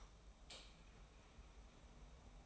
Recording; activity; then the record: daily activity, microphone in the room; light off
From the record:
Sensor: 1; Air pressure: 991.0 hPa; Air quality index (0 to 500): 109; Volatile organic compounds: 102 ppm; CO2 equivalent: 3771 ppm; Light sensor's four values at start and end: 26/66/27/29 and 23/51/22/24